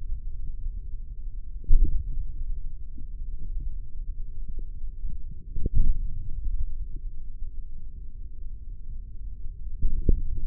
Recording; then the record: forearm muscle sounds (acoustic myography)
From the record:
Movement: hand opening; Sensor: system 3, bracelet of six PUI Audio POM-2738L microphones around the upper forearm, with dedicated amplification and filtering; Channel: 4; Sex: male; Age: 55 years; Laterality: right